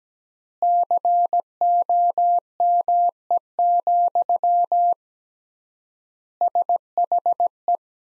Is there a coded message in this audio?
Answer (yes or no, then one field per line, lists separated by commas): yes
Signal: Morse code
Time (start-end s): 0.6-7.8 s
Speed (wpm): 17 wpm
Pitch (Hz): 700 Hz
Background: none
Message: COME, SHE